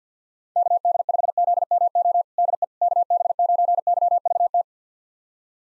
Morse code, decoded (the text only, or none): KD5ZMO DE KB9YVT